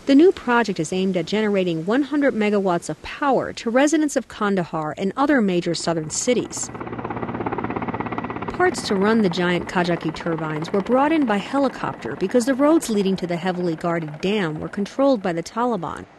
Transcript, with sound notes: The new project is aimed at generating 100 megawatts of power to residents of Kandahar and other major southern cities. (Soundbite of helicopter) Parts to run the Kajaki dam's giant turbines were brought in by helicopter because the roads leading to the heavily guarded dam were controlled by the Taliban.